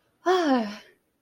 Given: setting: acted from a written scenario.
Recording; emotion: vocal sound without words; elation